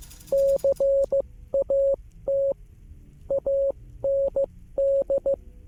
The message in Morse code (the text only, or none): CAT AND